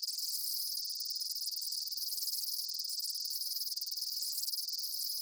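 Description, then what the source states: Insects in a dense high-pitched chorus, a continuous shimmering buzz with faint rhythmic pulsing and brief dips that recur about every two seconds. Summer afternoon in a field.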